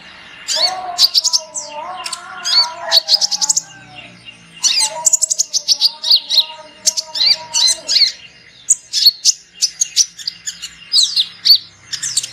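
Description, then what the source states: Sunbird calls as dense, shrill chirps and trills, mixed with lower sustained whistled tones in the first two-thirds, ending in quick high bursts. Lure sound for attracting birds.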